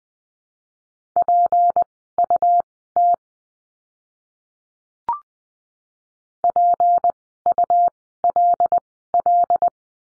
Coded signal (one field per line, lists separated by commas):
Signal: Morse code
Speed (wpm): 20 wpm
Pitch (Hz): 700 Hz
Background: none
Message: PUT PULL